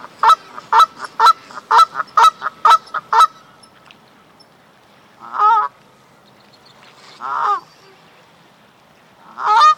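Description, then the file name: Canada goose giving a rapid series of short honks, then three longer, separate honks spaced a couple of seconds apart. "Various Birds - Canada Goose"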